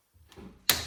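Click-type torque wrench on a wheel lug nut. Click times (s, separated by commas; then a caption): 0.7 s. A click-type torque wrench set to 100 is re-checking the torque on a steel wheel lug nut after about 100 miles of driving. After a faint, low rustle, the wrench gives a sharp click at 0.7 s, followed by a second sharp sound at about 0.9 s. The wrench clicks at its setting, confirming the lug nut is still at torque.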